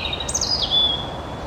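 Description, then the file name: European robin song fragment: a high thin note swooping down into a long steady whistle, against light background noise. "Erithacus rubecula"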